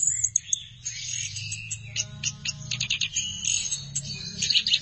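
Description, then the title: Thrush singing a dense chattering medley of high twitters, with a brief lower buzzy tone in the middle and a low hum throughout. "burung anis x"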